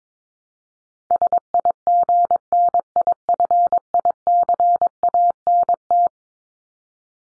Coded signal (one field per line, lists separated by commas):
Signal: Morse code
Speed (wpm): 22 wpm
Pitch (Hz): 700 Hz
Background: none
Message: SIGNIFICANT